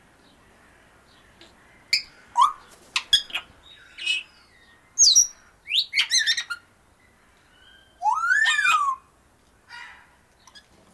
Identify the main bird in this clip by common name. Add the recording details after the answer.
Grey Parrot. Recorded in captivity. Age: adult. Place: Zoo Berlin, Berlin, DE. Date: 1997-03-04 11:59. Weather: heiter, 10 bis 12°C. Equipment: Nagra SN, Kopie Uher 4000 Report Monitor. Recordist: Tembrock, Günter. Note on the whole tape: Ein Tier mit zahlreichen Lautformen, Entfernung ca. 2 m